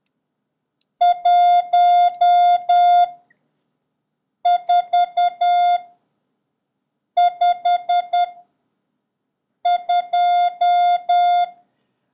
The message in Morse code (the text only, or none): 1452